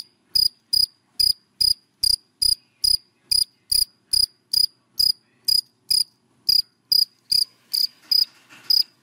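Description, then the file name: Cricket chirping, short high chirps repeated a little over twice a second, with near silence between. Crickets calling, given by the Vietnamese names dế mèn, dế cơm and dế than. "Tieng de men de com de than keu"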